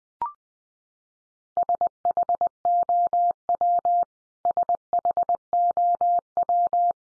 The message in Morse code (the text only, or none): SHOW SHOW